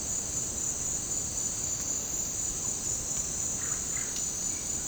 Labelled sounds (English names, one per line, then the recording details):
Russet-backed Oropendola
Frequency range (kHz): Russet-backed Oropendola 0.8-3.1 kHz
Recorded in dense forest near Puerto Asís, Putumayo, Colombia, on 21 February 2024 at 08:00
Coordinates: 0.503, -76.322
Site G6418